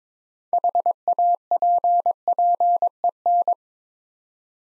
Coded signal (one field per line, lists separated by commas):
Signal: Morse code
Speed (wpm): 22 wpm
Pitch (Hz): 700 Hz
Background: none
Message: HAPPEN